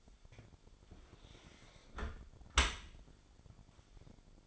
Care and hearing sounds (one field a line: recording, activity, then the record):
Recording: daily activity, microphone in the room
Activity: close dishwasher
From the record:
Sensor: 5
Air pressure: 1006.9 hPa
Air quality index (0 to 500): 182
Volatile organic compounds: 5 ppm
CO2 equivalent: 1745 ppm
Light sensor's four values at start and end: 53/150/59/59 and 53/148/58/59